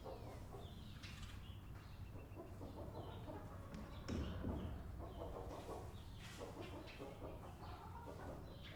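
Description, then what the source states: Chickens clucking softly and irregularly inside a barn, with low rumbling background noise. Chickens recorded inside a barn; barn ambience.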